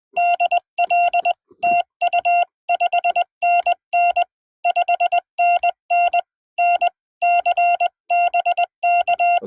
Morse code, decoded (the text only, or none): DL TU 5NN 5NN NC BK